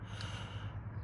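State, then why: Not seated. A rider pulls the parking brake lever on an electric trike's handlebar to set it, but does not pull it far enough, so the lever has not clicked or locked. A steady low hum runs throughout, with breathy noise and a brief louder burst near 0.2 seconds.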